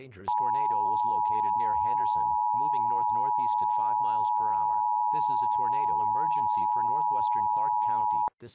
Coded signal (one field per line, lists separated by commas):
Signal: Emergency Alert System (SAME) tones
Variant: 853 and 960 Hz attention tone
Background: speech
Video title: EAS - Tornado Emergency for Anthem, NV (Request)